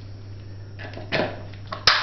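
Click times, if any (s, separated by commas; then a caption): 1.9 s. A plastic snap fastener on a hanging plant container made from an old plastic pot is pressed closed over a steady low hum and a few soft taps and rustles. It snaps shut with a sharp, loud snap at 1.9 s, and the fastener is seated.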